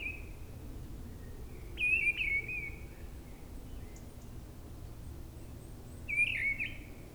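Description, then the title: Mistle Thrush song: the end of a phrase at the start, then two fluty, slightly scratchy phrases roughly four seconds apart against a low steady background noise. Brison-Saint-Innocent, France; forest edge, singing perched high in a treetop; Sunday; grey weather, 10°C; a quieter moment lets the bird be heard alone. "Brison-Saint-Innocent, France - Grive draine"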